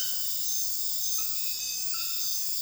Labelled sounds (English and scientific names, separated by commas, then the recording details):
none
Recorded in secondary vegetation near Puerto Asís, Putumayo, Colombia, on 20 February 2024 at 03:30
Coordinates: 0.481, -76.323
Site G6376